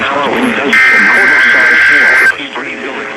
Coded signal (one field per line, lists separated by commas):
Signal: Emergency Alert System (SAME) tones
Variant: header bursts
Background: speech